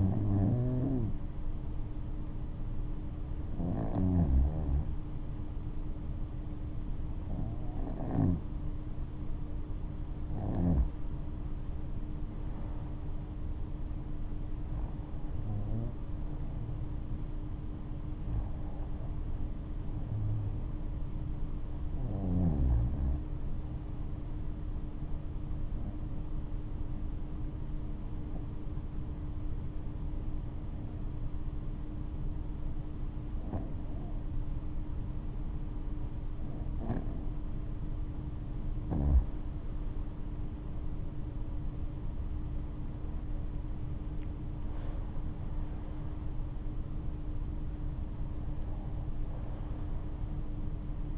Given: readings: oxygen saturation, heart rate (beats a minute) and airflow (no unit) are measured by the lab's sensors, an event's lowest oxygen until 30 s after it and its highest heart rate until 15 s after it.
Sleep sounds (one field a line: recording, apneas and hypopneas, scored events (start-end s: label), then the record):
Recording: breathing in sleep by a smartphone at the bedside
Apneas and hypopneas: 1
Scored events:
27.00-42.10 s: hypopnea (REM, oxygen 95% highest, then 90% lowest, heart rate 71 at the start, 77 highest)
From the record:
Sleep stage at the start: REM sleep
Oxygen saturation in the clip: 91 to 95%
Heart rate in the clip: 66 to 77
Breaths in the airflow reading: 10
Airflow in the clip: -12.4 to 14.0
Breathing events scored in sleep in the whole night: 228 in 5.4 hours asleep